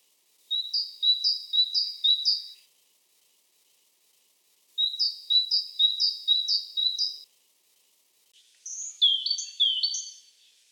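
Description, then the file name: Great tit song: three bursts of rhythmic two-note phrases repeated four or five times, high and ringing; the last burst is pitched higher and more varied, with quiet gaps between. "Golosa-ptic-Bol shaya-sinica"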